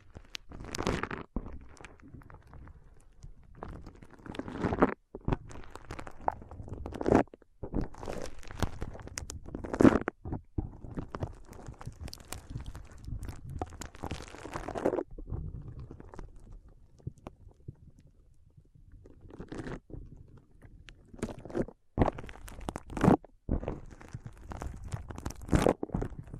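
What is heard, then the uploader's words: Foam being squeezed and rubbed in an ASMR brain massage, with dense crinkling, crunching textures in irregular bursts. Short silent gaps break the sound every few seconds, and the rubbing swells and fades, with louder squeezes near 10, 15 and 22–26 seconds. ASMR Powerful Foam Brain Massage.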